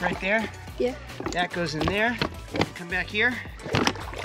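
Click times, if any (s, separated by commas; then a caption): 3.9 s. A removable kart seat is fitted onto a jet ski deck mount while someone talks, and its clip is pushed home. A sharp snap at 3.9 s shows the seat clip locking in place.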